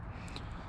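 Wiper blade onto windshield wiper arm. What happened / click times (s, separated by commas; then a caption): The plastic blade clip snapped onto the arm / 0.4 s. A plastic wiper blade on a Toyota Corolla S is pushed up onto the windshield wiper arm again after a missed attempt in which the locking tab was held down. At 0.4 s the locking tab snaps into the hole with a short, sharp click over a steady low background. The blade is seated and installed on the arm.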